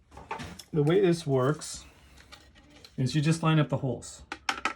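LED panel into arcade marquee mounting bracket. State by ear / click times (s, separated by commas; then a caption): seated / 4.5 s. Someone talks while lining up the holes of a Pixelcade LED marquee panel with its arcade marquee mounting bracket. The panel is pushed into place and clicks into a little notch at 4.5 s, with a second sharp tick following at 4.7 s. The panel is seated.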